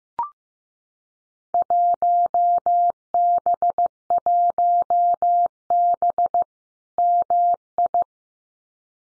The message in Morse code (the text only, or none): 1B1B MI